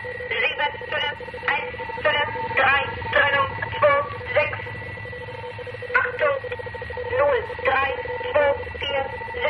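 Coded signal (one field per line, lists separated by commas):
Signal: numbers station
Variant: Gong Station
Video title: The Conet Project - Gong Station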